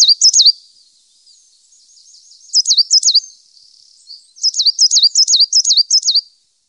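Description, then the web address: Coal tit singing high, bouncy two-note phrases, repeated in quick bursts separated by short pauses with soft twittering in the gaps. "Faglar Sound Svartmes"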